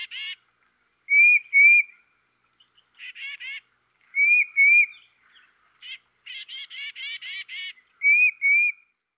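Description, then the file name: Tufted titmouse song: clear whistled two-note phrases repeated three times, alternating with short series of harsh, buzzy scolding notes; no other sounds. "dan-gibsons-solitudes tufted-titmouse"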